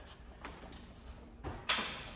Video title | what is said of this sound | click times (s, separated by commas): C8 corvette park release tool! | So, you heard the click and that's the paw engaging. | 1.7 s